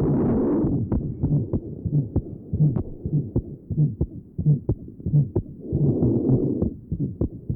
Patient has an innocent systolic murmur. Recording taken from left sternal edge. Note the grunty systolic murmur at this area.